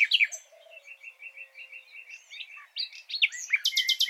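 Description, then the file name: Common nightingale song: a soft row of repeated high notes, then varied whistles and a closing loud rapid rattle. "Luscinia megarhynchos"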